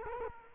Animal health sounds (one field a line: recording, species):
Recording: mosquito wingbeat signal from an infrared sensor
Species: Culex quinquefasciatus